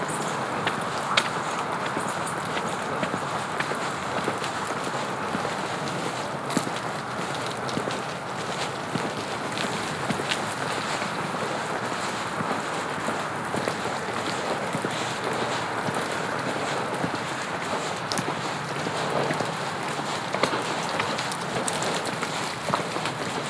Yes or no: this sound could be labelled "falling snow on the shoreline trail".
yes